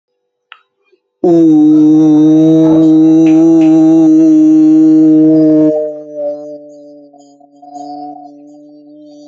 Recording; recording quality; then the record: sustained vowel as in boot; excellent, no background noise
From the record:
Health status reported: respiratory illness, not identified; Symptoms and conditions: none ticked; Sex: male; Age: 36 years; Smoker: not ticked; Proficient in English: yes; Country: India